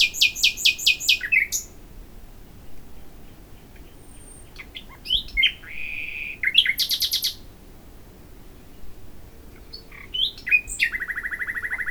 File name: Luscinia megarhynchos